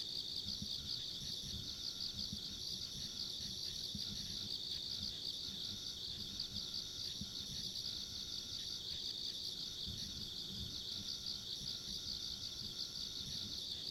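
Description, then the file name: Insects in a steady chorus: a dense, pulsing trill around a high pitch, with a fainter very high whine above and soft low rumble beneath throughout. Ambient insect sounds recorded along a country road. "田舎道の虫の環境音"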